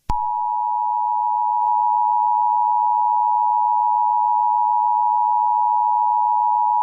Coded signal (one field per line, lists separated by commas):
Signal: Emergency Alert System (SAME) tones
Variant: 853 and 960 Hz attention tone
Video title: SCP-173 incident-5-eas-tape